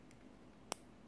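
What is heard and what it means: On a second push, a microSD card is pressed into the card slot of a Podofo car DVR dash camera and gives a sharp click at 0.7 s. The card is seated inside the slot. A faint tick comes at 0.1 s and another small click at 1.1 s, over a low steady background.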